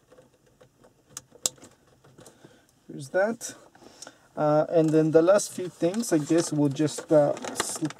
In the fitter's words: should click right into place here's